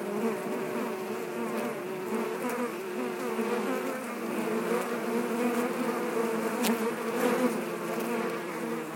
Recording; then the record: honeybee colony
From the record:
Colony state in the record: active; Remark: normal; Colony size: 10,000 bees